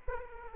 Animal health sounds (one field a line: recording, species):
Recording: mosquito wingbeat signal from an infrared sensor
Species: Aedes aegypti